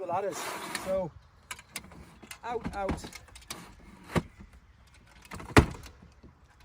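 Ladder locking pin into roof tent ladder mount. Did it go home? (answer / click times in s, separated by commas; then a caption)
yes / 5.6 s. Someone talks while the spring-loaded metal locking pins on the ladder rail of a Howling Moon roof tent are twisted, with several small clicks and taps in between. A sharp click at 5.6 s is the ladder locking pin seating into the roof tent ladder mount. The pins are now set to engage automatically the next time the ladder is pulled out.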